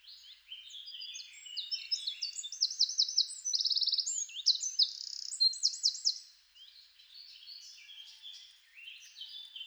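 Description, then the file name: Eurasian wren song: a rapid, high tumbling stream of sharp notes lasting about six seconds, broken by several fast rattling trills, then a few faint scattered notes. "Troglodytes troglodytes"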